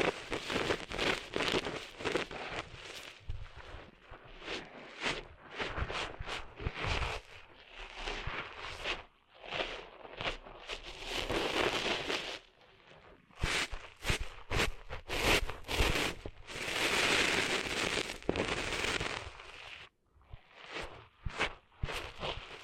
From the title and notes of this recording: ASMR Cleaning Sand Out of Your Ears (No Talking).